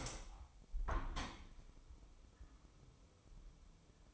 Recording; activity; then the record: daily activity, microphone in the room; open window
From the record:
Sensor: 1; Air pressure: 1015.0 hPa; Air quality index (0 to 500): 26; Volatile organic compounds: 1 ppm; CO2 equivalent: 508 ppm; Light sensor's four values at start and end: 10/25/10/11 and 11/27/11/12